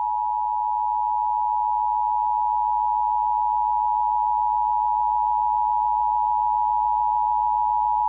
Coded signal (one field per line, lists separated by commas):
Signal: Emergency Alert System (SAME) tones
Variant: 853 and 960 Hz attention tone